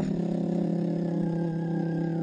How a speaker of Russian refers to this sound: Шум мотора за спиной. Это Коломийцев! Коломийцев! Приехал за нами!